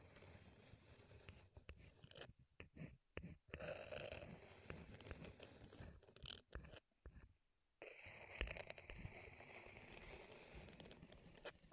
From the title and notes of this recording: ASMR Wood Triggers in Your Ears (No Talking).